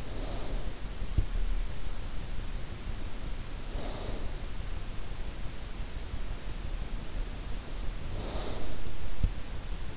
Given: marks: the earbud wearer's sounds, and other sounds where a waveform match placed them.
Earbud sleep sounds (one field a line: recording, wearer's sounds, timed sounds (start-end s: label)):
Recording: sounds in sleep by an in-ear microphone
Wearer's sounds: snoring breath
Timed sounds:
0.00-0.74 s: snoring breath
3.74-4.40 s: snoring breath
8.09-8.63 s: snoring breath